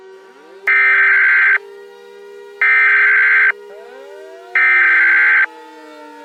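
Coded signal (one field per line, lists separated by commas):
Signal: Emergency Alert System (SAME) tones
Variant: header bursts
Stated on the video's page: Fictional mock EAS alert about an anomalous freezing rain storm in Minnesota.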